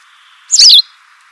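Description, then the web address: White wagtail giving one quick, bright two-syllable call near the middle, set against an even background hiss. "cianscape birddata Deverinetal 2025"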